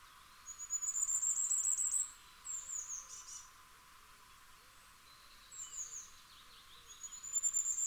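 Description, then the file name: Common firecrest singing very high, thin rapid phrases, several in succession with pauses between them. "Fiorrancino"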